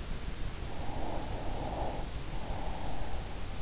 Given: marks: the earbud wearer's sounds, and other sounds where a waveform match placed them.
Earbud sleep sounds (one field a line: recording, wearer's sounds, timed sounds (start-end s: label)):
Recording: sounds in sleep by an in-ear microphone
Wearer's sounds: breath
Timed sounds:
0.58-3.53 s: breath